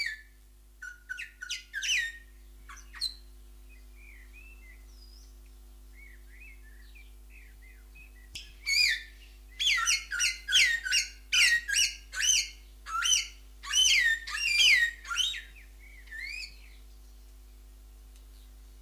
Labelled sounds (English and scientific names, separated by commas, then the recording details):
Greater Vasa Parrot (Coracopsis vasa) call
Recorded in captivity
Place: Zoo Berlin, Berlin, DE
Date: 2004-06-07 17:07
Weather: heiter-wolkig, 25°C
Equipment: Sony WM-D6C, Sennheiser ME 80, Kopie Uher 4000 Report Monitor
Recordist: Tembrock, Günter